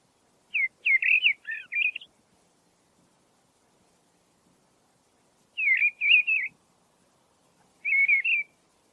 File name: grive-draine-timo s